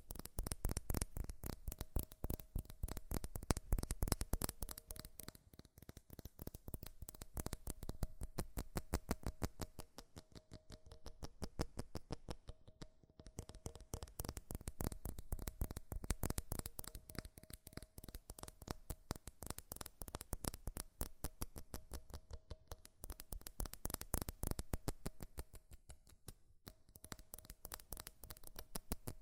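Fast, furious tapping on metal, a dense rapid stream of sharp clicks with a faint steady ringing tone, swelling and easing in bursts.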